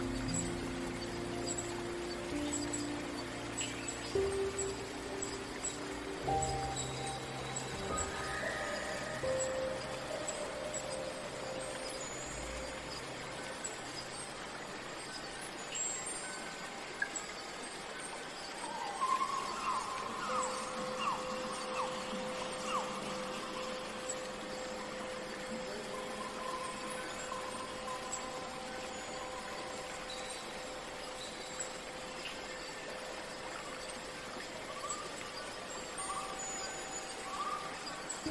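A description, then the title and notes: Night forest ambience with a steady, dense hiss of insects, scattered faint bird and creature calls, and a soft low rumble early on. Peaceful night in enchanted forest. Birds, insects, small creatures.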